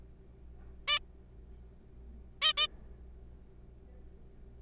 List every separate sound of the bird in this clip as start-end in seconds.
0.88-0.99, 2.42-2.52, 2.57-2.67